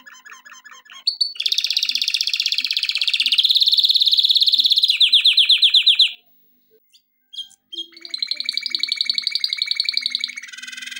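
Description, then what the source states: Canary song: soft chatter opening into a loud sustained rolling trill, a short pause, then another rapid trilled tour. Canary song intended for training.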